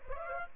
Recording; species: mosquito wingbeat signal from an infrared sensor; Aedes aegypti